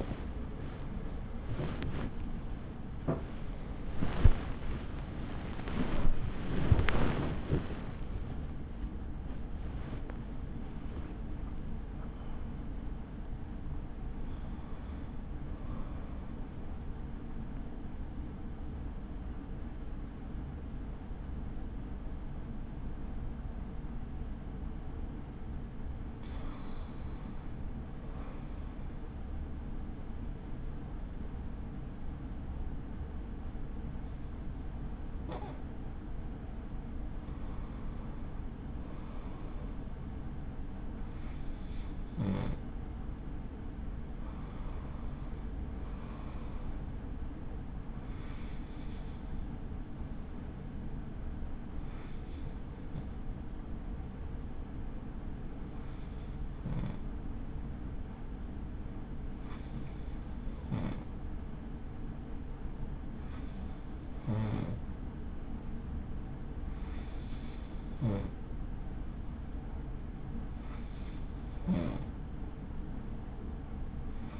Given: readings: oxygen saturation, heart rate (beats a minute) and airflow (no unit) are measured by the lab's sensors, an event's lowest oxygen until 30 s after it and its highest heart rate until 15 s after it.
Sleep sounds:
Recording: breathing in sleep by a smartphone at the bedside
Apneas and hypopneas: none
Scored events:
none scored
From the record:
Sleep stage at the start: N2 (light sleep)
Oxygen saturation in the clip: 94 to 96%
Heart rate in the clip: 43 to 81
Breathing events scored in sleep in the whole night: 83 in 6.1 hours asleep

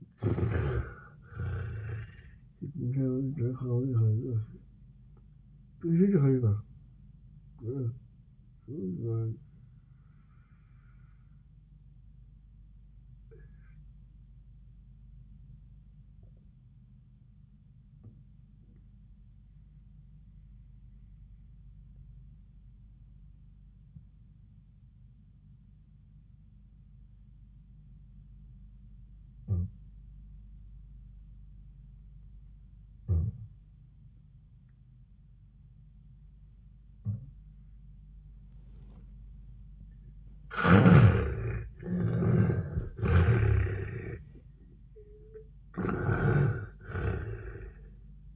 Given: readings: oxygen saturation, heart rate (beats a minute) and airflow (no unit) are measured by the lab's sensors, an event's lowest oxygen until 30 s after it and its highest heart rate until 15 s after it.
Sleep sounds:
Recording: breathing in sleep by a smartphone at the bedside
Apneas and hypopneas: 1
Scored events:
0.00-30.00 s: awake
9.00-38.90 s: obstructive apnea (scored as awake, oxygen 96% highest, then 71% lowest, heart rate 92 at the start, 94 highest)
22.00-48.36 s: new sleep stage, N2 (light sleep)
From the record:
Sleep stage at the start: awake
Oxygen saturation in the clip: 71 to 96%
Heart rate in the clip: 78 to 97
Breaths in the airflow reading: 3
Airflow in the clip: -20.1 to 10.1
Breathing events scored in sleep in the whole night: 400 in 8.7 hours asleep

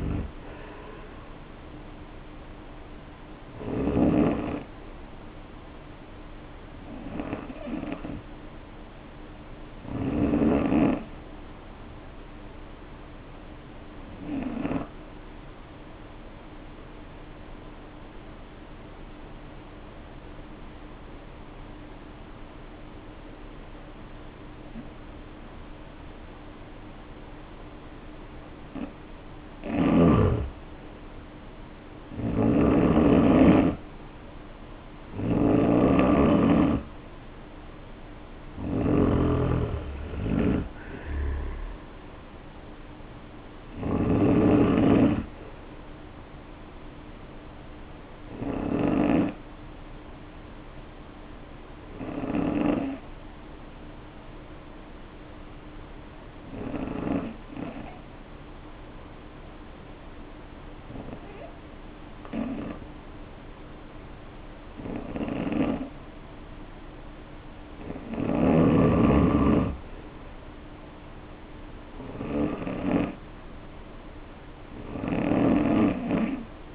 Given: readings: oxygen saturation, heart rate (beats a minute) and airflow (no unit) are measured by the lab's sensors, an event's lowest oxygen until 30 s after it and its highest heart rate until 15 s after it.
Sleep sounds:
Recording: breathing in sleep by a voice recorder at the bedside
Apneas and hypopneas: 2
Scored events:
14.00-33.10 s: hypopnea (N2, oxygen 95% highest, then 84% lowest, heart rate 57 at the start, 64 highest)
53.00-71.20 s: hypopnea (N2, oxygen 95% highest, then 89% lowest, heart rate 52 at the start, 60 highest)
From the record:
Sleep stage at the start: N2 (light sleep)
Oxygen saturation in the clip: 84 to 95%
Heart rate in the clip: 48 to 64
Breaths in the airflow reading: 20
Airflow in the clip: -3.3 to 3.9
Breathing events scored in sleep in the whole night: 520 in 7.2 hours asleep

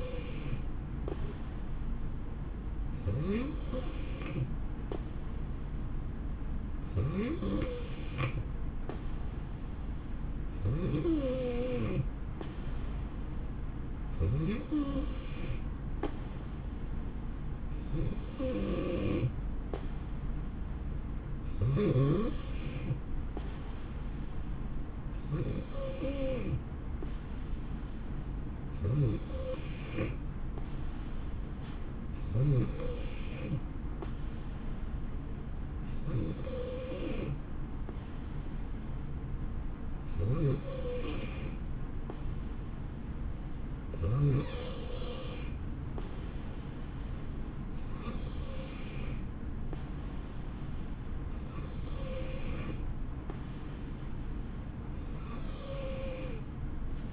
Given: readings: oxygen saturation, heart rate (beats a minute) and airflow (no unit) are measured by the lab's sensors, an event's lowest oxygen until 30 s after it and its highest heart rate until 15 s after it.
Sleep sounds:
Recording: breathing in sleep by a smartphone at the bedside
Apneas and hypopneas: none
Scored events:
none scored
From the record:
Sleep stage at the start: N3 (deep sleep)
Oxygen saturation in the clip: 91 to 92%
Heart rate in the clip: 61 to 67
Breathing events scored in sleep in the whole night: 160 in 9.3 hours asleep

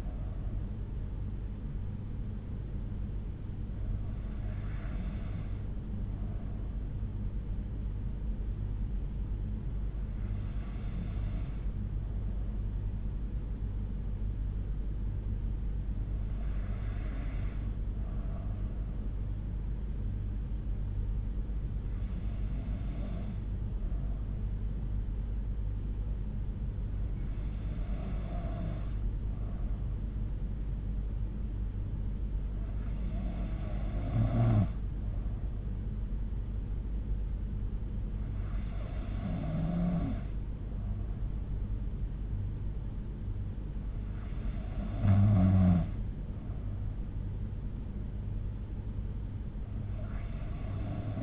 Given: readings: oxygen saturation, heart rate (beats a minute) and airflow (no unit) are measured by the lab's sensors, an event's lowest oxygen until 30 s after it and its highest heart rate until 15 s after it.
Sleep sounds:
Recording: breathing in sleep by a smartphone at the bedside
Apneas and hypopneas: none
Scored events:
none scored
From the record:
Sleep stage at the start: N3 (deep sleep)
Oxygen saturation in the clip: 92 to 93%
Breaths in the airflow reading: 8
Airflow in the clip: -5.0 to 3.3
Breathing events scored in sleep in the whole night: 368 in 8.0 hours asleep

